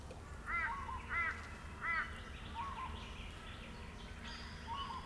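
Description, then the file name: Grey shrike-thrush uttering three clear harmonic notes in quick succession, then fainter calls trailing off in background hiss. "Colluricincla Harmonica"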